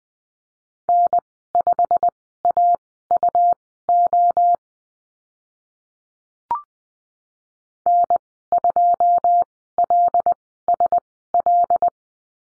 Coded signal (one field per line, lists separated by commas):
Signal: Morse code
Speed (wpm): 20 wpm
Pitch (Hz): 700 Hz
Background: none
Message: N5AUO N2LSL